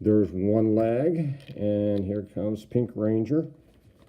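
A hollow plastic Megazord armor leg is being handled and pushed toward the leg of a 3.75 inch Pink Ranger action figure while someone talks through most of the clip. Nothing has seated or clicked yet; the piece is not home when the clip ends.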